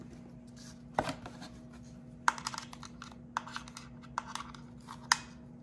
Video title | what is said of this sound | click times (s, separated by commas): Destroyed Apple Vision Pro - Replacement Unboxed and Rebuilt | make sure you wait for it to snap into place | 2.3 s, 5.1 s